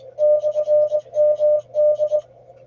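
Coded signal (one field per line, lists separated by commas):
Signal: Morse code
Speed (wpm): 22 wpm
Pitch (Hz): 600 Hz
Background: none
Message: /MD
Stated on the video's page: Morse contesting in a state QSO party, showing search-and-pounce and running.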